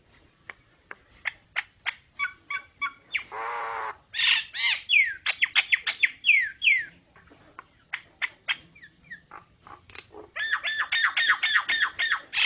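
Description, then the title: Nias hill myna song mixing crisp clicks, a buzzy harsh note, loud downslurred whistles, chatter, and a closing fast series of harsh repeated notes. Energetic 'gacor' singing with a very loud 'super gledek' voice, used as master material for tutoring songbirds. "Burung Jalak Nias Gacor Suara Super Gledek Untuk Masteran"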